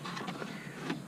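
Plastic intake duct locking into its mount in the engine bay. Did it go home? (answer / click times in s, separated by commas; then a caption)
no / none. A plastic intake duct on a Skoda Octavia RS245 is being handled in the engine bay while it is fitted to its mount. Faint scraping and rustling handling sounds are heard, with no distinct click. Nothing has seated or locked into place yet.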